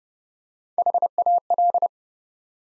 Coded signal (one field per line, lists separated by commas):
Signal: Morse code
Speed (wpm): 32 wpm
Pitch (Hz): 700 Hz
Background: none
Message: HAL